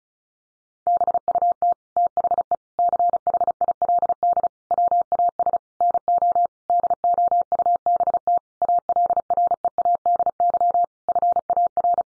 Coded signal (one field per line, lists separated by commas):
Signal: Morse code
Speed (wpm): 34 wpm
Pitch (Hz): 700 Hz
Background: none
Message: BUT THE CHILD WAS NO DOUBT ALREADY FAR